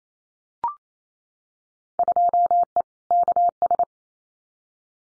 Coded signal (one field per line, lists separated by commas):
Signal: Morse code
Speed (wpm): 28 wpm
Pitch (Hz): 700 Hz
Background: none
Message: 2E KS